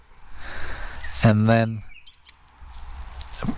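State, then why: Seated. Someone talks, then after the retaining clip is pressed down, the hydraulic clutch line quick-connector on a Nissan is pulled out of the clutch slave/bleeder fitting, with a few faint ticks before a sharp click at 3.2 s. The connector seats in its second, bleeding position during clutch master cylinder replacement and bleeding.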